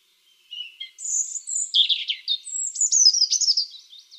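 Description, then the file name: European robin song: a thin high whistle followed by rapid, tumbling twitters and sharp high notes, varied and sweet. "Erithacus rubecula"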